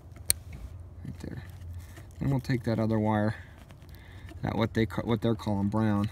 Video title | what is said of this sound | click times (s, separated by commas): Tether Install on a 2010 Polaris Rmk 700 | there it's gonna make a nice little click sound | 0.3 s